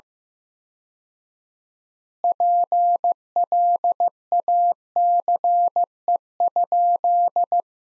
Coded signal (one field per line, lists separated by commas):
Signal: Morse code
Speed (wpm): 15 wpm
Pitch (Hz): 700 Hz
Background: none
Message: PLACE?